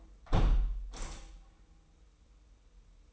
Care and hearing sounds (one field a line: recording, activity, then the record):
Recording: daily activity, microphone in the room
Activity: close window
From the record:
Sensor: 1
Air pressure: 990.4 hPa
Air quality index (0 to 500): 162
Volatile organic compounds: 1000 ppm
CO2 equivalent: 5892 ppm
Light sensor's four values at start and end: 20/44/19/21 and 20/45/19/21